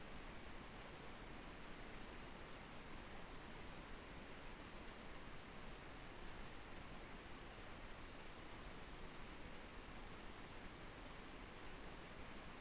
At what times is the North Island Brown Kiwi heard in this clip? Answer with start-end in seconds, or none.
none